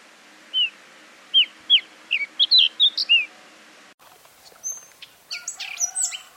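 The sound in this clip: Bushchat song: a series of short, clear whistled notes spaced irregularly, then an abrupt cut to scratchier, fainter chirps.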